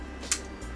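A removable filter chamber on a repair bench station, possibly a desoldering station's collection chamber, is pushed back in by hand. A short, sharp click at 0.3 s rises clearly above a steady low background hum. The chamber locks back into place.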